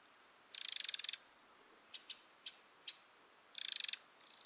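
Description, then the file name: Eurasian wren calls: two dry, high rattles, with four crisp ticks spaced between them. "Troglodytes troglodytes"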